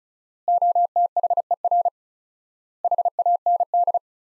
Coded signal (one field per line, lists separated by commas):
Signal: Morse code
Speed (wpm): 34 wpm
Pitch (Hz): 700 Hz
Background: none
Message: OTHER HAND